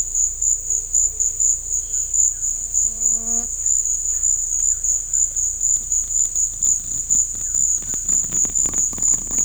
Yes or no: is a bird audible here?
no